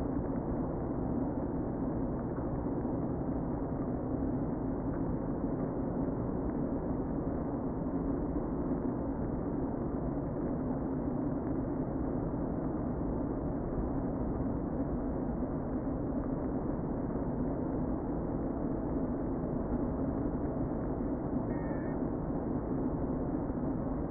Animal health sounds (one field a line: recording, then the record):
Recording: honeybee colony, microphone inside the hive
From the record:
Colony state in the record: queen present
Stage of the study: before two queens were removed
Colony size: about 60,000 bees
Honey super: yes